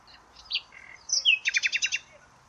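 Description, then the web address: Bird song: a few varied chirps and slurred whistles, then a rapid series of several bright, evenly spaced notes near the end, over faint background hiss. "Deverinetal 2025. Bird Only"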